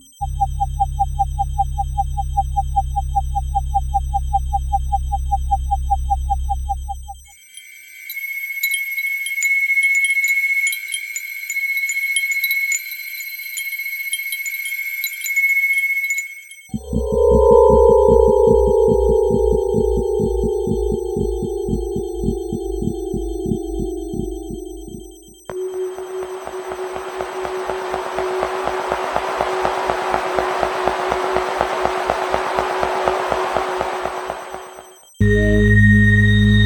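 A dark sequence of synthetic textures: low droning hum, a bright ringing tone, descending pulsing tones, then a hissing noise wash ending abruptly.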